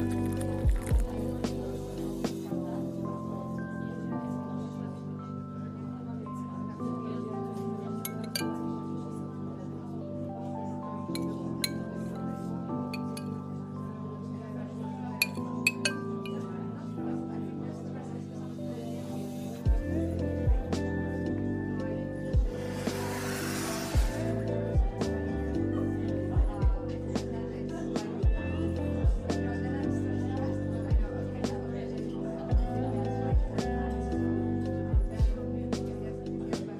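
Coffee shop ambience with a steady low hum, murmured voices, frequent clinks of cups, and a brief hiss near twenty-four seconds.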